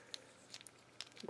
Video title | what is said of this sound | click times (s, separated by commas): MP10 Jan 21 2018 review | gonna locks in kind of locks in place | 0.1 s, 1.0 s